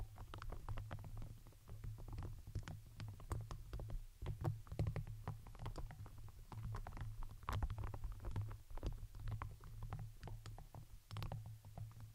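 Crinkling plastic and paper with soft brushing, a quick, irregular run of sharp crackles that come densely all the way through. Beneath them sits a steady low hum, with a few louder crackle bursts around the middle and near the end.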